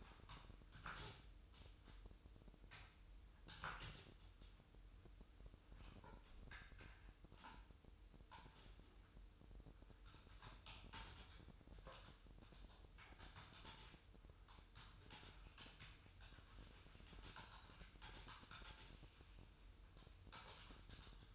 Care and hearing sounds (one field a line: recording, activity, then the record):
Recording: daily activity, microphone in the room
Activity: typing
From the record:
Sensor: 2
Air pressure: 988.6 hPa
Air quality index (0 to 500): 202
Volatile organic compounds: 265 ppm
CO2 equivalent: 4400 ppm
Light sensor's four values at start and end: 21/74/28/28 and 21/74/28/28